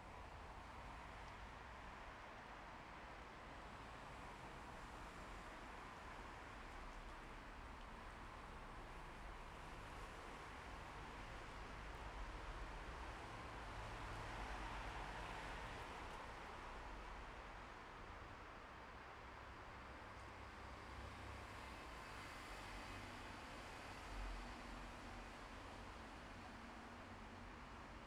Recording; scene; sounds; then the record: everyday scene through a hearing-aid microphone; in traffic; traffic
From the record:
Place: bus stop on a city main road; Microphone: behind the ear, left, rear